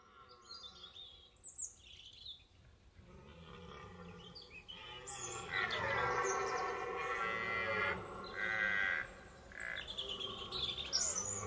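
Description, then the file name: Red deer bellowing: a long, rough, rumbling roar builds from about three seconds and carries on for the rest, with high bird chirps at the start and over it. Rutting bellow (brame) of a stag. "brame du cerf. jeanmarclhotel"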